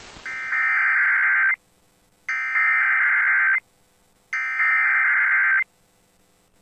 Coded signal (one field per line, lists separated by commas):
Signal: Emergency Alert System (SAME) tones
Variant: header bursts